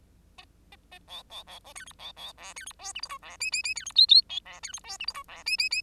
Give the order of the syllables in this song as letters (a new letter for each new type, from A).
A A A B B B A C D B B E C D F G H I E J J J C D K K L E C D F G H I E J J J